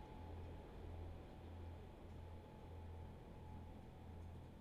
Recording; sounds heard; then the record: poultry house recording; no chicken sound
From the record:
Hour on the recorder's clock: 17